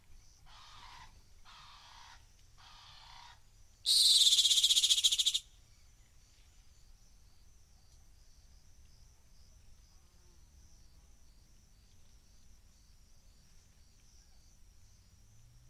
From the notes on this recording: A rock hyrax calling from the edge of a gorge in the Masai Mara